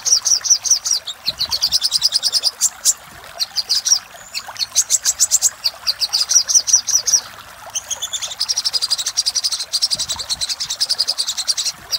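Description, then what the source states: Little spiderhunter song: long sequence of rapid high chirps in rattling bursts, separated by short pauses. Master recording for training cage birds; local name sogok ontong labaik.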